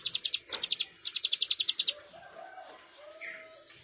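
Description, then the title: Plain prinia gives quick rattling bursts of high pulsed notes, three groups in a row, followed by softer low whistled notes from another bird. "Ciblek Sawah"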